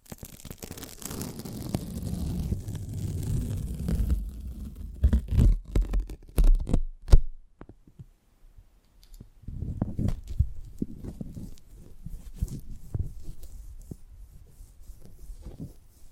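Close-up mic handling with low rubbing and rumbling, sharp taps and knocks around five to seven seconds, then softer scratchy brushing.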